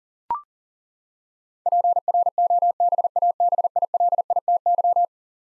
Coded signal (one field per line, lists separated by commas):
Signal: Morse code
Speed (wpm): 40 wpm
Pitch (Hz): 700 Hz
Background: none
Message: PROBABILITY